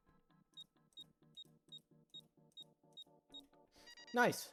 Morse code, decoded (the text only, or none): none